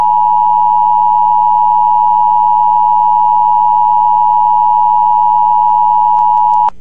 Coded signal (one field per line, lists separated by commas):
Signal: Emergency Alert System (SAME) tones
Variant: 853 and 960 Hz attention tone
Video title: A REAL EAS ALERT FROM WBAP: 6/10/09- 4/4